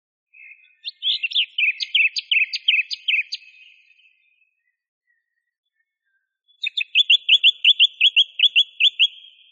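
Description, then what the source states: Song thrush song: a run of sharp, ringing notes repeated rapidly, a pause, then a second long series of bright, even notes repeated rapidly. Masteran recording, used for training songbirds.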